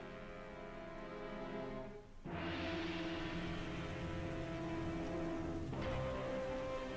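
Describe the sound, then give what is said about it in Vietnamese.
Heavy rain pours in a dense, continuous hiss with a low rumble beneath it, briefly thinning before surging back louder and steady: a sudden downpour over a village, mixed with thunder and gusting wind. “Cơn mưa như chút nước, mưa mỗi lúc một lớn, mưa lẫn trong sấm sét và gió giật, nhấn chìm toàn bộ làng mật trong cơn mưa mít mùng.”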